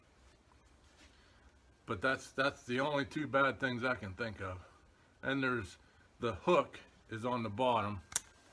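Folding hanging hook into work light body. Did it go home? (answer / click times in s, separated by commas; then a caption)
no / none. Someone talks while handling the plastic hanging hook on the bottom of a cordless work light, folding it back toward its stowed position in the light's body. The hook does not always want to go back into place, and nothing has seated or clicked yet.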